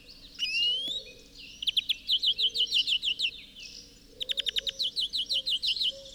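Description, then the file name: European greenfinch with a rising whistled note, then a long run of rapid chattering trill notes, a brief pause, and another fast twittering series. "Chloris chloris"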